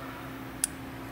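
A backup camera's plastic quick-disconnect wiring connector is plugged back together into its mating disconnect plug during a tire carrier install. A single sharp, bright click sounds at 0.6 s over a steady low background hiss. The connector is locked into place.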